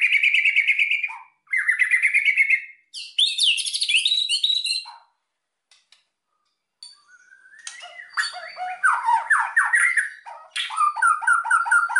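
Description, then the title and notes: White-rumped shama singing in bursts of fluted whistles and scratchy trills, then a quiet gap of about two seconds before a lower, rapid run of varied notes. Long-duration lure (pikat) recording used to attract white-rumped shamas for trapping. "Pikat Murai Batu. Burung Murai Batu"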